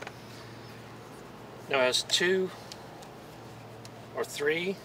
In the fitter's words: is a button you push to get this one out and that locks into place there we go